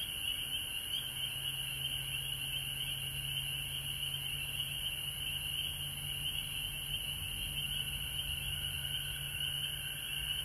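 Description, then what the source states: Frog chorus holding a continuous high trill throughout, with a steady low hum running underneath for most of the recording. Several frogs recorded at home in Georgia on March 19, 2020.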